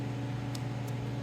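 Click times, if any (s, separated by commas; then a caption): none. A stop-start bypass module's plug for an Alfa Romeo Giulia/Stelvio is handled at the wiring connector coming from the car's dash. Steady low hum fills the clip, with brief faint high-pitched ticks near 0.5 s and 0.9 s. Nothing has seated or clicked yet.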